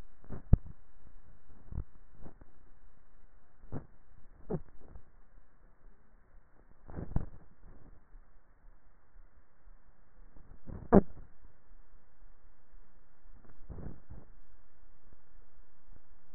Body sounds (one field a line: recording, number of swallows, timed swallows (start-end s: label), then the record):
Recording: swallowing sounds by neck microphone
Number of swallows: 2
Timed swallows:
0.27-2.14 s: swallow
3.70-6.14 s: swallow
From the record:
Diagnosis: dysphagia